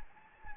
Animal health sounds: mosquito wingbeat signal from an infrared sensor; Anopheles gambiae

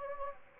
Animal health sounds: mosquito wingbeat signal from an infrared sensor; Anopheles gambiae

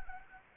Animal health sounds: mosquito wingbeat signal from an infrared sensor; Anopheles arabiensis

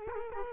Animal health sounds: mosquito wingbeat signal from an infrared sensor; Culex quinquefasciatus

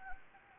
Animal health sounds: mosquito wingbeat signal from an infrared sensor; Anopheles gambiae

